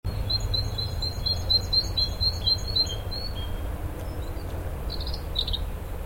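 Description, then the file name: Great tit song of quick repeated high two-note phrases for a few seconds, with low rumbling background. "Parus major"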